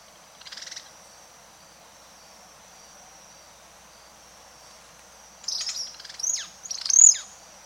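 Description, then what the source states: White-ruffed manakin with one short note, then several sharp, high calls near the end, above a constant shrill insect hum. South America.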